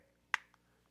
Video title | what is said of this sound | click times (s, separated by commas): Baofeng UV-5R ATV Communication Setup - Home Base Station Guide | And this here connects and you got to make sure when you push it in, you got to hear it click. | 0.3 s